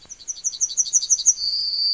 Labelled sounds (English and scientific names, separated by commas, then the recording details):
Yellowhammer (Emberiza citrinella) song
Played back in forest
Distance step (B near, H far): C
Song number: 127